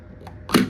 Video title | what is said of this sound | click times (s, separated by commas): DISHWASHER TRUE STEAM TECHNOLOGY! LG DFB424/DFB532 Dishwasher Unboxing & Review Installation, Demo | तो यह lock हो जाएगा अनलॉक करने के लिए इसको | 0.3 s, 0.5 s